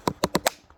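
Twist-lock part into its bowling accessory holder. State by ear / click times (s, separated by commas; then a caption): not seated / none. A twist-lock part is spun by hand into its bowling accessory holder. Four sharp, bright taps land at about 0.1, 0.2, 0.4 and 0.5 seconds, followed by fainter ticks near the end. The part is handled but not yet home, and nothing has seated or clicked yet.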